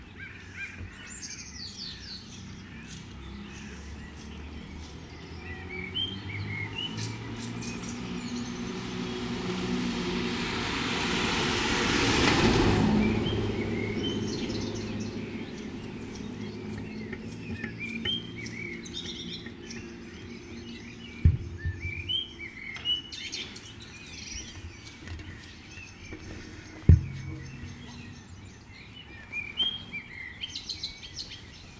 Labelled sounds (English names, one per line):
Common Blackbird song